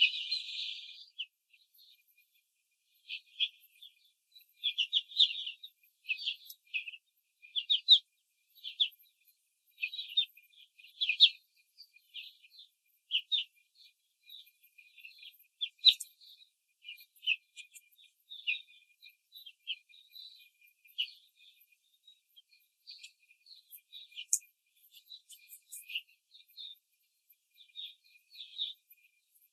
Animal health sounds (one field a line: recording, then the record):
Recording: young laying hens in a cage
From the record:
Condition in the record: control cage, before the stress test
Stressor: none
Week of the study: 4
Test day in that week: 3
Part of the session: 1